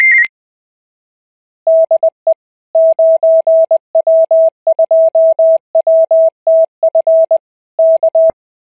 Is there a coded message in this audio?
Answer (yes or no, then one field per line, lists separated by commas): yes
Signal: Morse code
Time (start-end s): 1.7-8.3 s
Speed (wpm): 20 wpm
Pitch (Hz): 650 Hz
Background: none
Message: DE 9W2WTF K